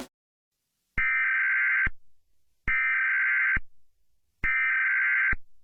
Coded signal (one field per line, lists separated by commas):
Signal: Emergency Alert System (SAME) tones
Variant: header bursts